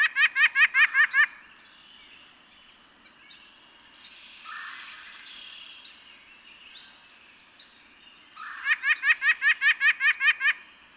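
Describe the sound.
White-breasted Nuthatch song: a quick run of about seven nasal, evenly spaced notes, then a quiet gap with faint bird calls before a second, longer run.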